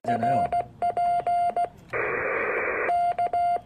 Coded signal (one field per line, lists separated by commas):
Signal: Morse code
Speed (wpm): 16 wpm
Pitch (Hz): 700 Hz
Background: speech, radio noise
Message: RP K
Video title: QRP mini BU(9/1) test